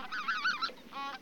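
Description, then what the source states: Greater white-fronted goose flock chorus, overlapping high yelping honks and cackles blending into a dense, busy clamour. Flock chorus recorded for use in an electronic hunting caller.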